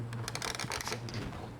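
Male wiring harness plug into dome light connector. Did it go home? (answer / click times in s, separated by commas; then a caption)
yes / 0.3 s. A male plug from a Meso Customs dome light kit is pushed into the matching wiring connector in an overhead console. A quick cluster of sharp plastic clicks and rattles runs from about 0.3 to 0.8 seconds, with the connector clicking in at 0.4 seconds. The plug is fully seated.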